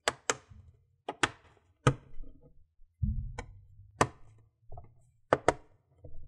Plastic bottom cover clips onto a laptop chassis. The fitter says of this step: all around it all the way to the back you don't want to squeeze in the middle there's nothing in there so and you want to hear clicks